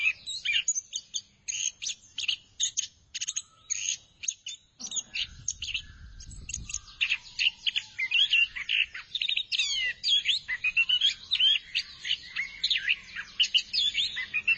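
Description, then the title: Thrush song: a long, rapid series of sharp repeated chirps and whistles, with a faint low rumble briefly in the middle. "burung anis x"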